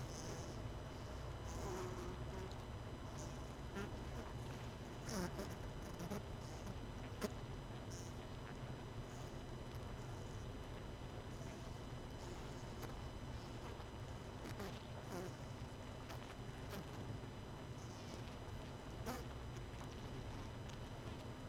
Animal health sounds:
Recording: honeybee colony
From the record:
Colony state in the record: missing queen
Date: 31 May 2018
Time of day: 19:33

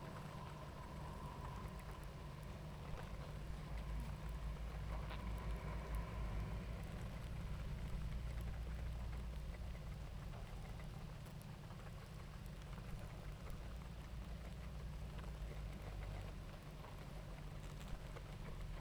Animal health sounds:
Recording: honeybee colony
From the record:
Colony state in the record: active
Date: 28 July 2017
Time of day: 18:57

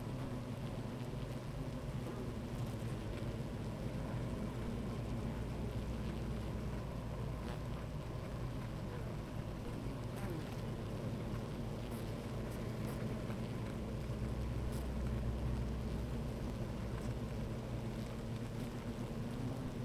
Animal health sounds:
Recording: honeybee colony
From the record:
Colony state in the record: active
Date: 28 July 2017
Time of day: 12:32

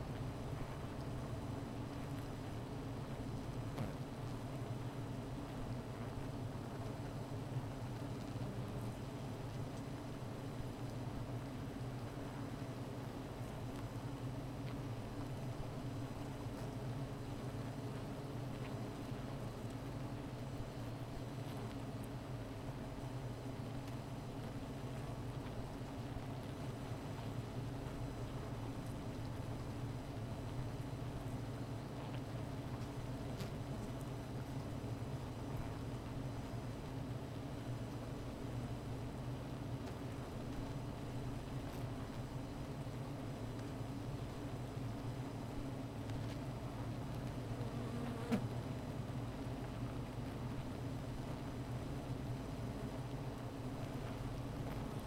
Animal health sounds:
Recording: honeybee colony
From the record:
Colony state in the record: missing queen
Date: 14 July 2017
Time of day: 15:41

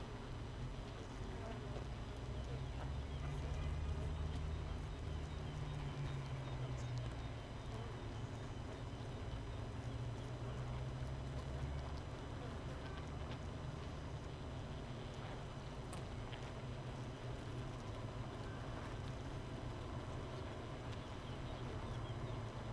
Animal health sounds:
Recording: honeybee colony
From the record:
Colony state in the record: missing queen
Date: 31 May 2018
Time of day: 5:43

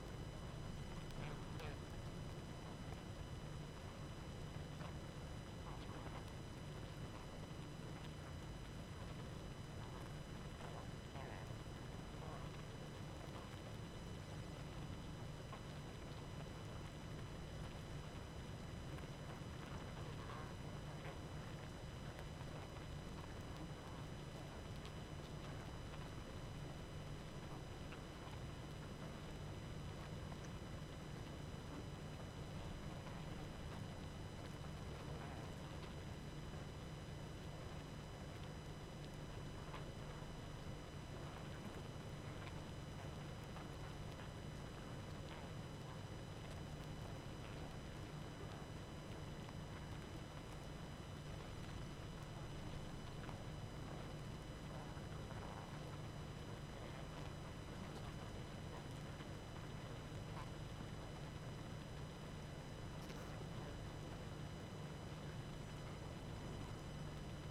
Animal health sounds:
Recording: honeybee colony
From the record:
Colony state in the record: active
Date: 12 June 2018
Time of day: 19:56

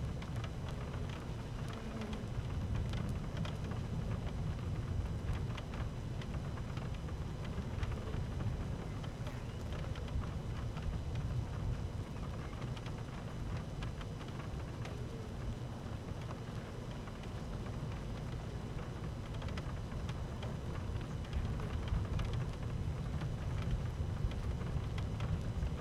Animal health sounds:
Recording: honeybee colony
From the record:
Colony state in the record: active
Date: 12 June 2018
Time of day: 12:50

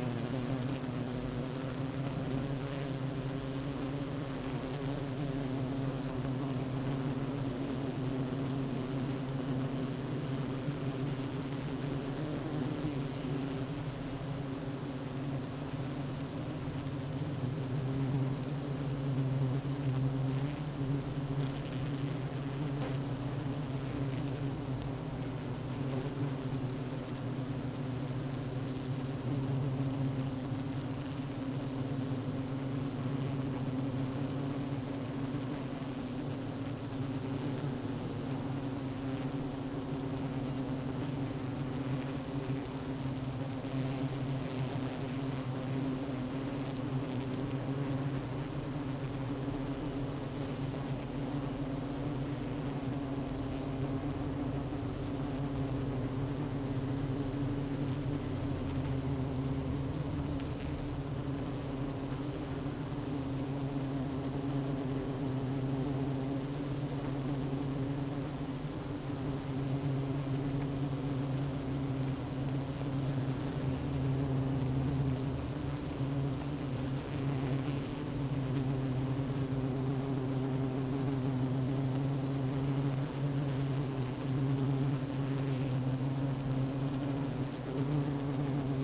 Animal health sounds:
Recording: honeybee colony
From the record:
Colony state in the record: active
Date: 12 June 2018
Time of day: 9:56

